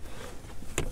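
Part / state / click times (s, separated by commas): folding grocery divider in the cargo floor of an SUV / seated / 0.8 s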